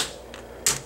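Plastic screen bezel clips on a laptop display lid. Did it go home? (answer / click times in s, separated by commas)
released / 0.3 s, 0.7 s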